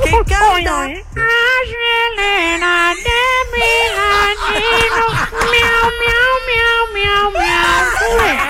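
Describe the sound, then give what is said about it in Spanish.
A voice imitates a cat, letting out a run of drawn-out, wavering meows with rising and falling pitch, loud and continuous over a steady tonal hum. “Aquí hay un gato llamando y quiere hablar con nosotros.”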